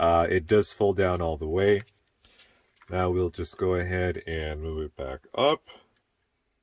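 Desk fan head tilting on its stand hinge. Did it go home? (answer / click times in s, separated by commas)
no / none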